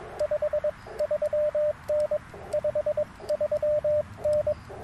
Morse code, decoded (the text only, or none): 53N 53N